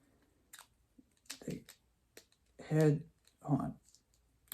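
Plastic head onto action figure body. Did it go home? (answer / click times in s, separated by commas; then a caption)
yes / 4.5 s. A plastic head is pushed onto an action figure body while someone talks, with a few small clicks and handling noises in between. The head snaps into place at 4.5 s with a sharp click, and it is seated.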